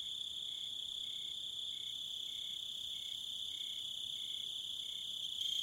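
Crickets trilling in one unbroken high buzz, with a fainter, lower cricket chirping in short regular pulses underneath.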